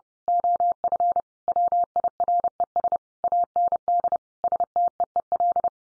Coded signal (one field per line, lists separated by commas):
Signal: Morse code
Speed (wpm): 30 wpm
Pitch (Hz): 700 Hz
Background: none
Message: OF WIRES AND STEEL